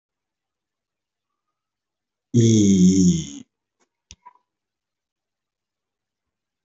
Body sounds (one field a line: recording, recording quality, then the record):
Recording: sustained vowel as in beet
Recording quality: excellent, no background noise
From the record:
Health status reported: healthy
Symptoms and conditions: none ticked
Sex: male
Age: 22 years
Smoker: not ticked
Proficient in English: no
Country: India